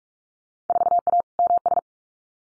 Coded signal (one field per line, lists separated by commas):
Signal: Morse code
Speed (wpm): 46 wpm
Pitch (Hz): 700 Hz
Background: none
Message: 4A MS